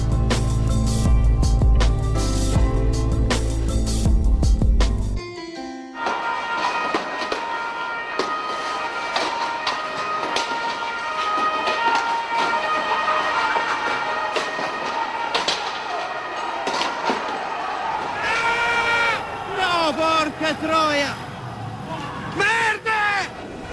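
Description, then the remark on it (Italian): Street protest din in a square in Genoa at the moment Carlo Giuliani was found dead: a loud burst of crowd noise and bangs, then a dense mix of shouting voices and traffic, with wailing police sirens sweeping up and down near the end. One voice yells out. “Qualcuno forse ha riconosciuto questi suoni, più che altro, perché la voce è solo un grido e sono suoni di manifestazioni e di sirene di polizia.”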